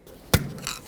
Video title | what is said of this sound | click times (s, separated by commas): How to Replace Front Ball Joints 2011-2016 Ford F-350 | Now, this is actually not fully seated. I'm going to take that same screwdriver and poke it in so that it actually locks in. | 0.3 s